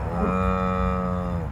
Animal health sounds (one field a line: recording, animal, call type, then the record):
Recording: contact call of a hoofed animal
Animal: cattle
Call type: low-frequency (closed-mouth) or high-frequency (open-mouth) call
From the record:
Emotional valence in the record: negative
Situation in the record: full separation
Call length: 1.52 s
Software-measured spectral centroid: 1200 Hz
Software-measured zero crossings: 940 a second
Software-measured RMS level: -24 dBFS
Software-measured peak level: -11 dBFS